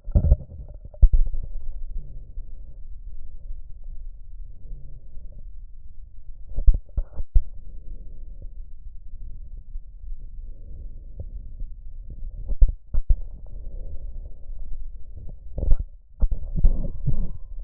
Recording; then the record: lung sounds by stethoscope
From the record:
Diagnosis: chronic bronchitis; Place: left posterior upper chest